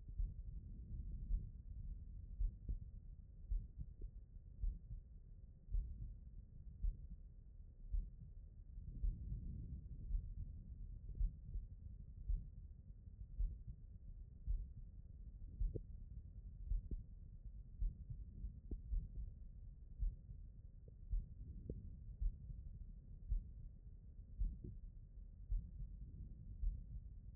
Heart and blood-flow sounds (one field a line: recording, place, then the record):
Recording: heart sounds by stethoscope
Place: aortic valve (AV)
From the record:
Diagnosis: non-HFrEF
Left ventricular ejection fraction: 63%